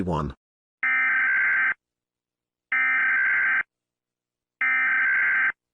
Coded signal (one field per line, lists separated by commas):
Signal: Emergency Alert System (SAME) tones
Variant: header bursts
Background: speech